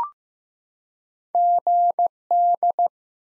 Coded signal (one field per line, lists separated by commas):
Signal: Morse code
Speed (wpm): 15 wpm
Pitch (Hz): 700 Hz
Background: none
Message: GD